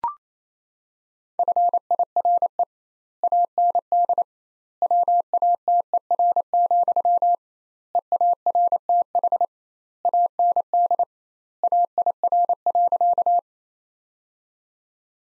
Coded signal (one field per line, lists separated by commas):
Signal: Morse code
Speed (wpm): 28 wpm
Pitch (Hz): 700 Hz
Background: none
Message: FIRE AND WATER, EARTH AND AIR.